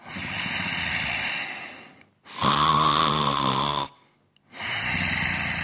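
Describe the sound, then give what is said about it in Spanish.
A voice imitates a sleeping person snoring: three long, rasping breaths, the louder middle one with a buzzing, vibrating tone, separated by short silences and with no other talk. “Y ahí estás tú, venga, roncando, echando babilla por la boca y sonando como los Sanfermines.”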